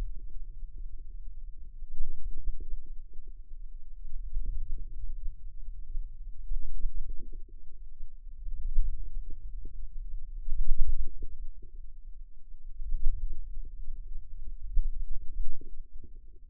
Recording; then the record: forearm muscle sounds (acoustic myography)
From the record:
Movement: wrist extension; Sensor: system 2, bracelet of six BSWA MPA416 microphones around the upper forearm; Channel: 1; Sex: female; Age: 22 years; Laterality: right